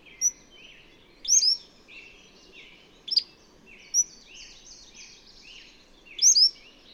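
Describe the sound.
Bird song: several bursts of sharp, high chirps and short whistled notes over soft continuous warbling.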